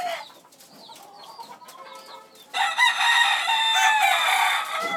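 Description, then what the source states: Chickens clucking softly in short, scattered notes, then a sudden burst of loud, sustained, harsh crowing cries from several birds overlapping through the second half. Chickens kept in a coop.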